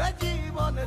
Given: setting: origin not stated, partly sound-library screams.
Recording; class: one-second piece from a danger detection set; normal situation